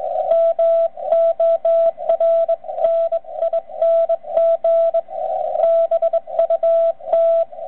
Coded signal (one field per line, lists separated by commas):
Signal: Morse code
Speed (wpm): 20 wpm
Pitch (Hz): 660 Hz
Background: radio noise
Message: MORNING BUT